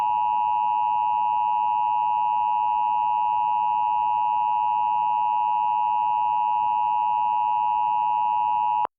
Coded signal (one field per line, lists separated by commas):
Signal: Emergency Alert System (SAME) tones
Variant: 853 and 960 Hz attention tone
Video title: EAS Mock: Washington DC RMT [live voice!]